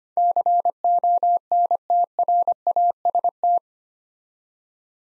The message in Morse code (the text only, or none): CONTRAST